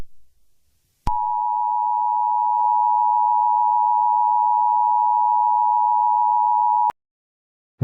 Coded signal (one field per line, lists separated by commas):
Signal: Emergency Alert System (SAME) tones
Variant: 853 and 960 Hz attention tone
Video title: The Purge | EAS Scenario